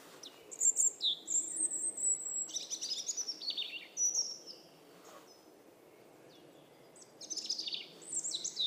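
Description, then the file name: European robin song, a long sparkling phrase of high whistles and thin trills, then a pause before another shorter burst of bright notes. "Erithacus rubecula"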